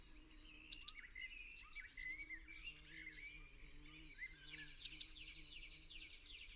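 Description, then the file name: Eurasian blue tit giving two matching song phrases about four seconds apart, each a high thin note, sharp downward ticks and a rapid high trill, with soft buzzy notes between. "Cyanistes caeruleus"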